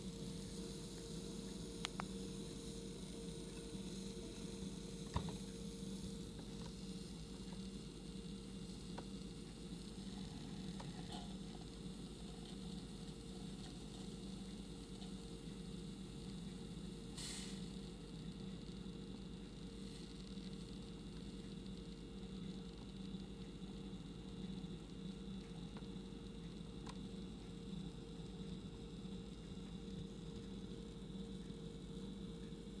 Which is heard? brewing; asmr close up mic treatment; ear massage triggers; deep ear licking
brewing